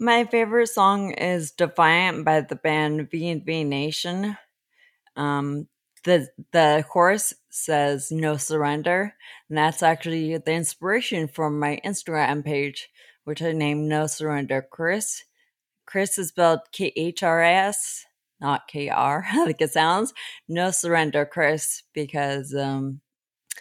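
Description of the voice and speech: A 43-year-old woman with spinocerebellar ataxia type 10, a progressive genetic cerebellar disorder, speaks in phrases broken by frequent, uneven pauses, with stretched sounds, a restarted word and a blurred consonant. Speech is intelligible but somewhat slow and irregular: mild ataxic dysarthria. Symptoms began in her mid-to-late twenties and also affect walking and grasping.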